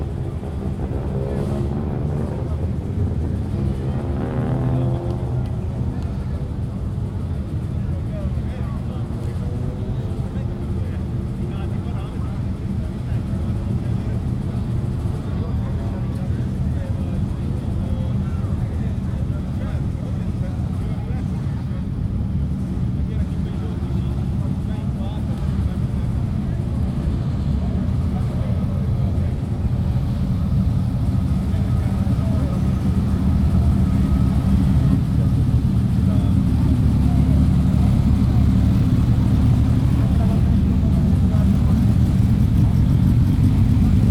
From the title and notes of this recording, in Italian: Die Quelle der absurden Autos war la Piazza Piccola di Sassuolo. Hab' ich also dort die startenden Autos aufgenommen und gestaunt, wie unterschiedlich die doch klingen.